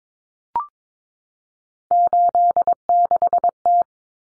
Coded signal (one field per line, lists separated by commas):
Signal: Morse code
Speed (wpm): 22 wpm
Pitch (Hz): 700 Hz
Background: none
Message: 86T